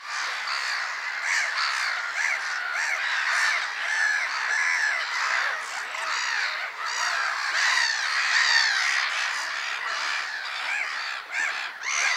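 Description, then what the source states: Black-headed gulls calling in a dense flock, harsh overlapping squawks and screeches continuing without pause throughout. Many gulls together.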